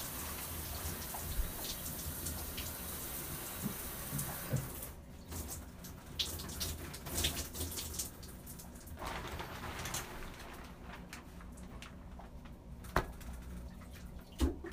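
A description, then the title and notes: Water from a shower hisses steadily and densely for the first five seconds, then drops away to a quieter, uneven spatter with a low hum underneath. A brief gush returns around nine seconds, and sharp knocks land near thirteen and fourteen seconds. Taking a shower.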